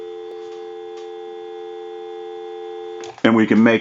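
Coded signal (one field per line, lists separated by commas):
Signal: telephone call progress tone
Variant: North America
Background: speech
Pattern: dial tone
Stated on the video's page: A single-slot payphone during its initial checkout, repair and conversion.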